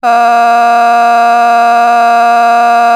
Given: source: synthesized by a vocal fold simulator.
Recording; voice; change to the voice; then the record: sustained vowel; female; vocal strain, level 7 of 10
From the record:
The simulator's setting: 0.67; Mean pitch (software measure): 235 Hz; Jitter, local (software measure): 0.77%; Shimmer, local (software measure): 4.0%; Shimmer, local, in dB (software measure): 0.35 dB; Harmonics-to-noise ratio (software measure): 20.5 dB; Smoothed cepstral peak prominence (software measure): 19.8 dB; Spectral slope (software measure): -17.9 dB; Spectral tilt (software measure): -8.1 dB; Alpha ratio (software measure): -8.4 dB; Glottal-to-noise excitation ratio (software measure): 0.970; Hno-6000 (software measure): 1.9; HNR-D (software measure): 39.1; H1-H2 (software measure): -2.3 dB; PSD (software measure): 4.4e-05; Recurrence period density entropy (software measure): 0.118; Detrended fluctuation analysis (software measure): 0.0101